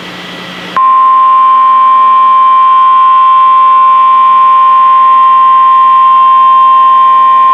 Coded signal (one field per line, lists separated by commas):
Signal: Emergency Alert System (SAME) tones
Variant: 1050 Hz attention tone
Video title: Special Marine Warning | EAS #564